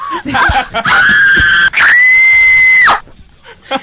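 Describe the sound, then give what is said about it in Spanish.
A person imitates the frightened scream of a moviegoer during a scary film: two long, loud, high-pitched shrieks, the second held steady for over a second before cutting off, with brief breathy sounds around them. “Boludo, el forro gritaba así al lado mío.”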